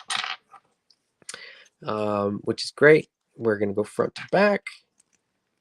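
A friction-fit accessory panel is handled on an action figure ahead of being pressed on front to back. There are short handling taps and clicks around 0.1, 0.9, 1.3 and 5.0 seconds while someone talks. Nothing has seated or clicked into place yet.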